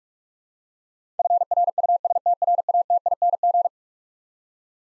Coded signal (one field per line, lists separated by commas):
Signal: Morse code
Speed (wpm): 46 wpm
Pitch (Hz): 700 Hz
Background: none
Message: FRUSTRATING